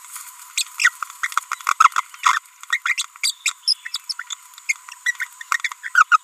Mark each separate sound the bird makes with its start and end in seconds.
0.79-0.89, 1.23-1.27, 2.23-2.38, 2.70-2.78, 2.97-3.05, 3.23-3.33, 3.46-3.52, 3.68-3.73, 3.94-3.97, 4.09-4.13, 4.19-4.22, 4.30-4.34, 5.06-5.11, 5.20-5.27, 5.84-5.89, 5.95-6.04, 6.11-6.17